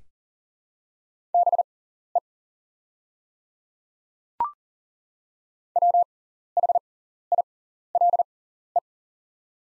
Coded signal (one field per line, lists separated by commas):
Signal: Morse code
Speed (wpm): 40 wpm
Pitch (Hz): 700 Hz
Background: none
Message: BE WHILE